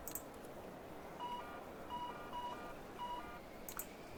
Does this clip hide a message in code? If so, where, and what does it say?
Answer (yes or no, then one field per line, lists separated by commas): no